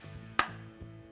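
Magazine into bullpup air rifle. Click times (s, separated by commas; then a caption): 0.4 s. A rotary magazine is pushed into the side of an FX Wildcat bullpup air rifle, ball detent facing the rear, over a low steady hum. A single sharp, bright click at 0.4 s marks the magazine seating in place, followed by a brief decay and faint soft bumps.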